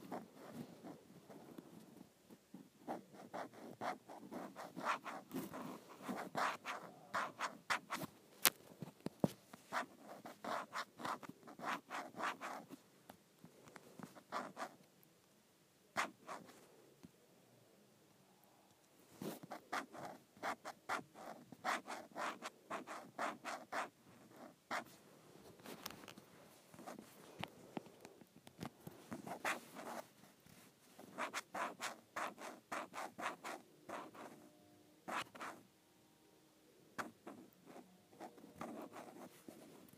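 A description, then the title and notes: Scratching on an iPad case, a dry, rubbing scrape made of dense bursts of sharp clicks and rasping strokes. The scratching runs in irregular stretches with brief pauses, the longest near the 17-second mark, then resumes busily until the end. ASMR Scratching my iPad Case.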